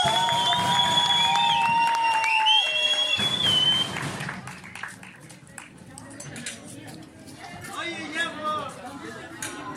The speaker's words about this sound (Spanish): Otra vez, aplauso